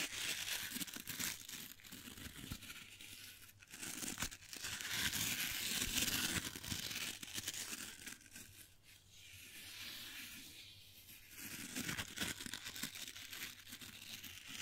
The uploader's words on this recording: ASMR Gently Brushing Your Brain (No Talking).